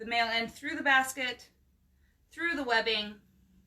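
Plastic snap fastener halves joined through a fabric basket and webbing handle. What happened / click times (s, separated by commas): Parts handled, no seating click yet / none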